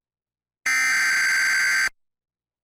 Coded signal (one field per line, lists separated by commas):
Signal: Emergency Alert System (SAME) tones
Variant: header bursts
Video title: Required Monthly Test & Severe Thunderstorm Warnings on TV! (EAS #687 - 696)